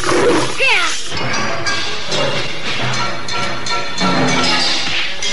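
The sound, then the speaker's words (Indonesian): A striped tiger roars and snarls loudly and continuously while being struck with light blows, its growls rising and falling over a dense, rumbling wash of noise, with a few crashing thuds mixed in. “Raden Purbaya yang tidak berniat memukul harimau belang itu melempar dan memukul harimau itu dengan pukulan-pukulan yang tidak terlalu keras.”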